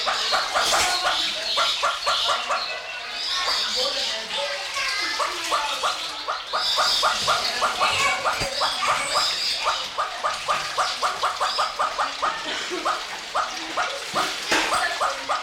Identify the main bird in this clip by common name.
Northern Red-billed Hornbill